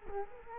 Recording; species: mosquito wingbeat signal from an infrared sensor; Culex quinquefasciatus